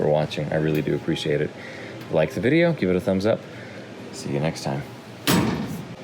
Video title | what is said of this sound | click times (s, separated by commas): 🇸🇪 (S3:E12) New Wiring Harness Install: Volvo Amazon 122S coupe | I didn't latch. | none